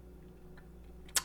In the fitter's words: they have pilot holes for the interior the the glass the window unit clicks in place